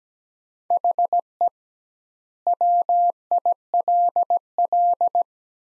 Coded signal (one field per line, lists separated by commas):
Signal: Morse code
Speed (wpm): 17 wpm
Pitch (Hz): 700 Hz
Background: none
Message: HE WILL